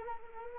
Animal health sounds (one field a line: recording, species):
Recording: mosquito wingbeat signal from an infrared sensor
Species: Anopheles arabiensis